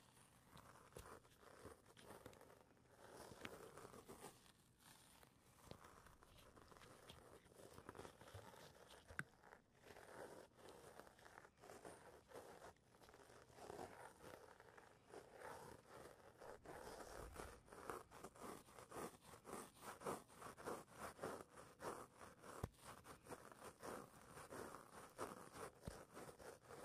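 Latex gloves rub and snap in a steady run of crinkly, scratchy handling sounds, dense with quick sharp ticks throughout. Soft murmured speech drifts in underneath at times, and the glove sounds grow busier and more rapid in the second half.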